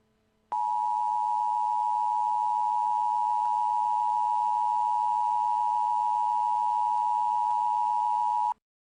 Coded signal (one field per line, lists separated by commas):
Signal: Emergency Alert System (SAME) tones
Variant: 853 and 960 Hz attention tone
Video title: EAS scenario The Devil’s Bleeding Wrath (Kinda Clean)